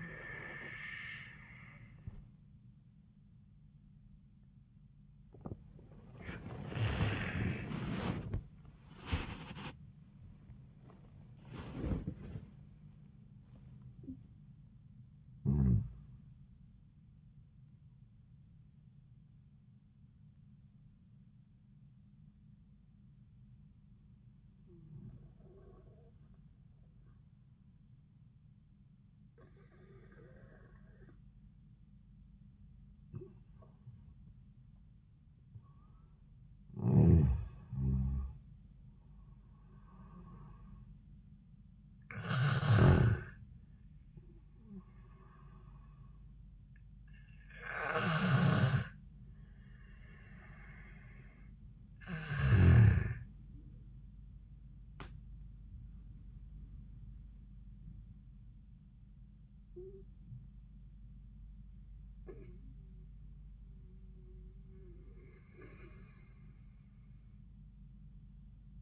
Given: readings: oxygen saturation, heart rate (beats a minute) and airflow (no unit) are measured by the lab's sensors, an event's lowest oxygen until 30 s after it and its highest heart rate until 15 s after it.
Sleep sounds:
breathing in sleep by a smartphone at the bedside; 1
11.00-41.00 s: new sleep stage, REM sleep
22.00-35.70 s: obstructive apnea (REM, oxygen 97% highest, then 93% lowest, heart rate 76 at the start, 86 highest)
41.00-68.82 s: new sleep stage, N1 (lightest sleep)
From the record:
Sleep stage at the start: N1 (lightest sleep); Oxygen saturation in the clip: 76 to 97%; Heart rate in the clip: 69 to 104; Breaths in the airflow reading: 8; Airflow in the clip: -3.5 to 5.6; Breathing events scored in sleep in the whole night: 400 in 8.7 hours asleep

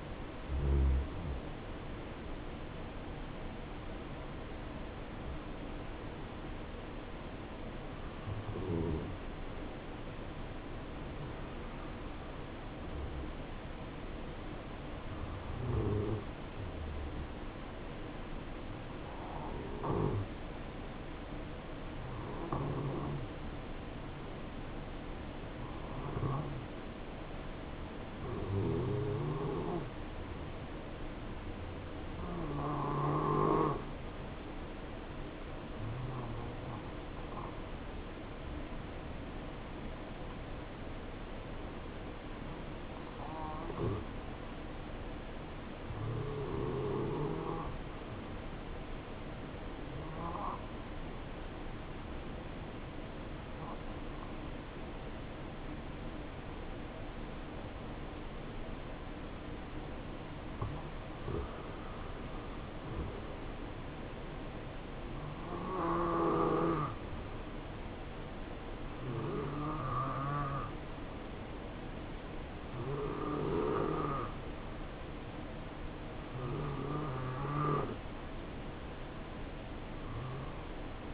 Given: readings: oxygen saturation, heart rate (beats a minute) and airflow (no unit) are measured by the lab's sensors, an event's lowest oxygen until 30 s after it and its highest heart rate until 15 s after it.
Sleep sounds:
breathing in sleep by a voice recorder at the bedside; 2
10.00-34.60 s: hypopnea (N2, oxygen 97% highest, then 91% lowest, heart rate 72 at the start, 73 highest)
42.00-62.60 s: hypopnea (N2, oxygen 93% highest, then 88% lowest, heart rate 60 at the start, 69 highest)
From the record:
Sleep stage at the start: N2 (light sleep); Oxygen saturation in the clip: 85 to 97%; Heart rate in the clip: 52 to 75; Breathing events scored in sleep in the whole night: 277 in 7.4 hours asleep

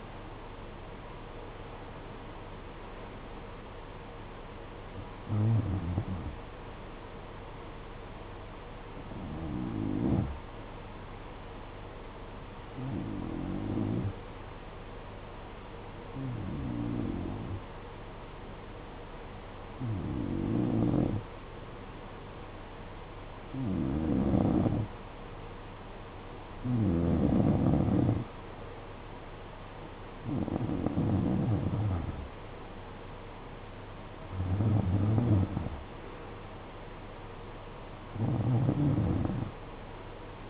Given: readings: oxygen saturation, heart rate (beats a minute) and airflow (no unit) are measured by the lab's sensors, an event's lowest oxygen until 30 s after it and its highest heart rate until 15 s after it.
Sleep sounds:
breathing in sleep by a voice recorder at the bedside; 1
11.00-26.60 s: hypopnea (N1, oxygen 93% highest, then 89% lowest, heart rate 55 at the start, 61 highest)
21.00-40.49 s: new sleep stage, N2 (light sleep)
From the record:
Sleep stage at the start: N1 (lightest sleep); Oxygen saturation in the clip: 90 to 93%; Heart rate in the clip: 54 to 62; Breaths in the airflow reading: 11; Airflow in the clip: -12.2 to 8.8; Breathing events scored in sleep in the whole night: 476 in 9.7 hours asleep

